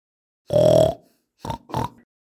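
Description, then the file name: Peafowl starts with a long, strident wail, then after a short gap adds two brief, sharp honking notes. "Pfau"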